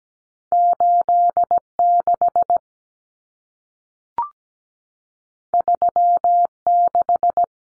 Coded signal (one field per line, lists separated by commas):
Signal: Morse code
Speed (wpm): 17 wpm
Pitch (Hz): 700 Hz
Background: none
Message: 86 36